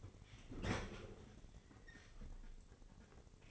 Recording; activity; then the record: daily activity, microphone in the room; open fridge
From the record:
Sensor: 4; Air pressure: 996.0 hPa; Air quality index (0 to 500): 67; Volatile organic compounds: 2 ppm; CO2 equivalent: 1209 ppm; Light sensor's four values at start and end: 16/43/16/18 and 15/40/15/17